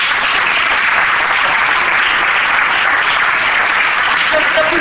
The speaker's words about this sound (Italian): Allora, intanto grazie, intanto fate un applauso.